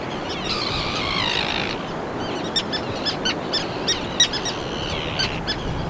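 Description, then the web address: Common tern uttering a long rasping screech, then a run of short sharp kip notes, over a continuous low rushing noise. "garajau-comum Vocalizacoes"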